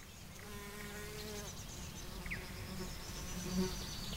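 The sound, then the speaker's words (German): Insects buzz steadily in a spring garden in warm sunshine, a low droning hum with wavering tones that rise and fall as they pass, joined by a brief high chirp partway through. No one speaks. “Um mich herum im Garten krabbelt und flattert, zwitschert und summt der Frühling.”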